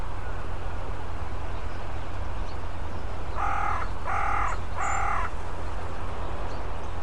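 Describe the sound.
Bird calls: three harsh, nasal caws in quick succession over a constant low background rumble.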